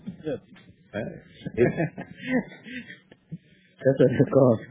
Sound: laughs